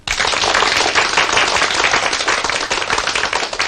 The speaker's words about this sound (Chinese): 你们热烈鼓掌，这个掌是可以鼓的。